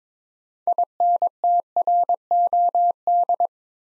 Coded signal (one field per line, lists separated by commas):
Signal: Morse code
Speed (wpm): 22 wpm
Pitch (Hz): 700 Hz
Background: none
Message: INTROD